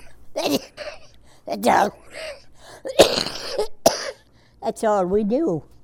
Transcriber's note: coughs